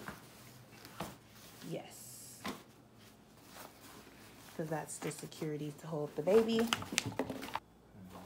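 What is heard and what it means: An infant car seat is handled over a stroller frame before being lowered into place, with brief knocks and rustling around 0.1, 1.0 and 2.5 seconds and a sharp tap near 7.6 seconds. Someone talks throughout. Nothing has seated or clicked yet.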